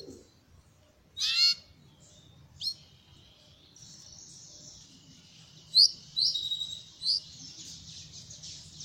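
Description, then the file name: Belgian canary singing a high, steady rolling trill, broken by loud sharp chirps and a quick run of bright notes near the end. Copper-coloured Belgian canary. "canto do canario belga cobre"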